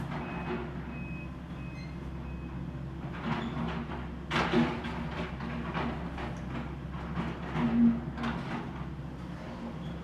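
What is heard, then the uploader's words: Demolition work: a steady low engine drone runs throughout while bursts of crashing and scraping debris break in from about three seconds on. A sharp hit lands near four seconds, followed by repeated clattering, and a brief high beep sounds around eight seconds. Demolition. Recorded from the driveway of the Tintinabulary.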